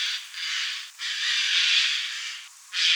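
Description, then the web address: Eurasian jay calls: harsh, rasping, noisy screeches running almost continuously, broken by three brief gaps. "Garrulus glandarius"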